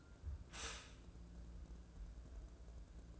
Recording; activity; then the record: daily activity, microphone in the room; stop toaster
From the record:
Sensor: 2